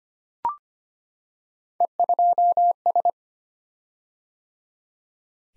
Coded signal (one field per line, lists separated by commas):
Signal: Morse code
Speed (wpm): 25 wpm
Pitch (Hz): 700 Hz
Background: none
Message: E2S